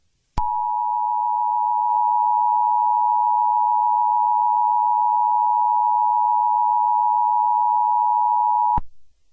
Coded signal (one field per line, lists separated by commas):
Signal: Emergency Alert System (SAME) tones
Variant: 853 and 960 Hz attention tone